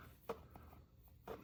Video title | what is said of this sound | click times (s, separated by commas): Africa Twin OEM DCT Foot Shifter Install | There's only one way these things plug, so it's not too terribly difficult there. There's a satisfying click. | 0.3 s